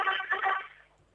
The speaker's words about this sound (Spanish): Todo bien, ahí escuchamos un bocinazo de las calles caraqueñas.